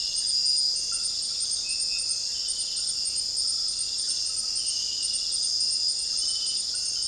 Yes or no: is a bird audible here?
no